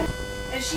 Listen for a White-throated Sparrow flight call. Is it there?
no